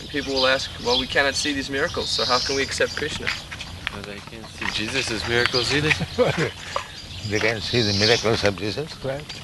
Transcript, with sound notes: And people will ask, "Well, we cannot see these miracles. So how can we accept Kṛṣṇa?"
Well they can't see Jesus' miracles either.
[laughs] They can see the miracles of Jesus Christ?